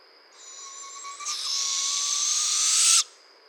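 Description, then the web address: Barred owl making a long rasping hiss of about two and a half seconds that swells in loudness before cutting off sharply; a thin steady high tone continues behind. Recorded on 15 June 2011. "Barred Owl 2011 06 15"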